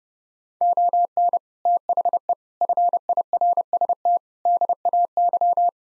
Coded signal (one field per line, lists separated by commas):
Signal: Morse code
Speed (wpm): 30 wpm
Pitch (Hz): 700 Hz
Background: none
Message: ON THE FIRST DAY